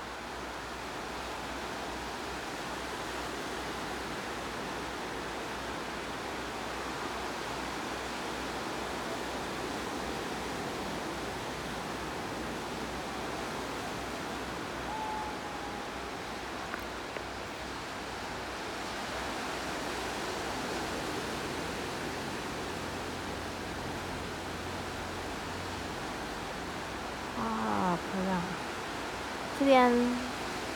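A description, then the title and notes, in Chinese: A steady, dense wash of sea sound fills the clip, muffled and low, like rushing water heard from beneath the surface. It stays even for most of the time, until near the end a few brief wobbling, bubbly tones and a short louder swell break through. ASMR Deeply Underwater Relaxing Sounds。各種大海之聲。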